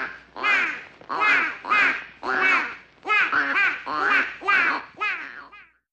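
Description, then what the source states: Bird making harsh, nasal quacking calls, each a short burst with wavering pitch, repeated in a steady series with brief gaps. Background bird ambience.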